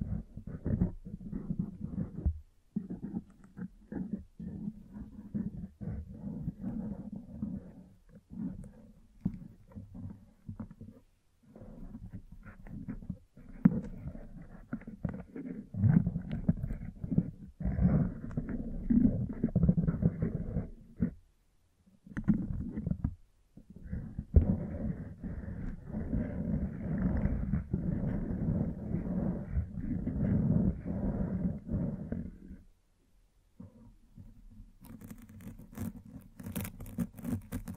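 Brushing and scratching against a microphone, a dense, low, rumbling rub that comes in uneven bursts with short gaps of near silence, notably around 11, 22 and 33 seconds. Near the end the rubbing thins into sharper, brighter scratches and clicks.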